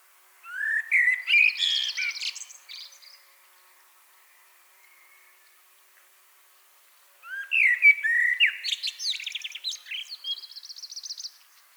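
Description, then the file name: Common blackbird song with two phrases about seven seconds apart. Each starts with rich, whistled low notes and trails into rapid, high-pitched chattering twitters. "Turdus merula"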